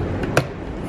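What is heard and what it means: A small screwdriver pries a top retaining clip of the plastic window switch assembly in the door trim panel of a 2019-present Kia Forte while the assembly is pulled. After a faint tick at 0.2 s, the clip snaps out with a sharp, bright click at 0.4 s. The clip is released.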